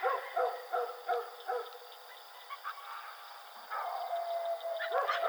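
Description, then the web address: Coyote gives bursts of yelping yips, then quieter broken calls and a louder wavering run toward the end. Recorded 4 April 2006. "Coyote 2006 04 04 howl"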